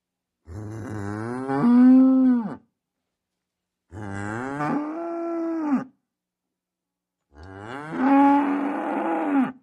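Cow mooing, three long drawn-out moos, each starting low and rising into a loud sustained tone before cutting off, separated by short silences.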